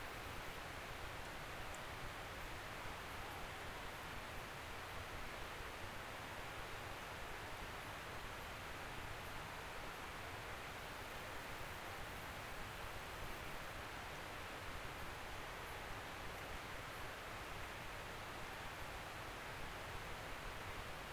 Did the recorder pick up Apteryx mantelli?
no